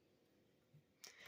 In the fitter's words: And this door just snaps back in.